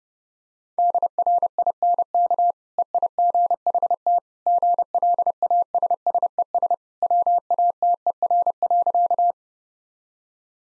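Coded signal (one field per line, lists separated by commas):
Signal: Morse code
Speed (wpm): 32 wpm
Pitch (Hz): 700 Hz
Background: none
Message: DRINK EIGHT GLASSES WATER.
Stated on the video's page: Morse practice sentences with contextual hints at 30 wpm.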